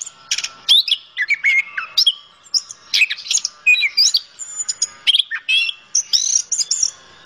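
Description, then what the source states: Orange-headed thrush delivering a lively, varied song of clear whistles, twangy slurs and rapid chirps in quick succession. Local name anis kembang; described as gacor, a keepers' term for a bird singing vigorously.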